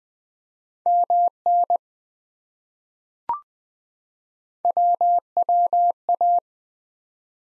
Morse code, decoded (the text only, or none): MN WWA